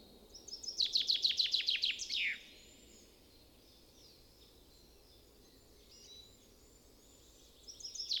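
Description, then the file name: Common chaffinch song: a fast run of several descending notes ending in a sweeping flourish, then silence before another phrase begins at the end. "Fringilla coelebs"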